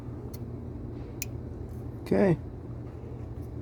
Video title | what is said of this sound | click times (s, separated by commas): installed new o2 sencers on the 2008 nissan xterra👍👍😎 part 1 | clicked right in there | 1.2 s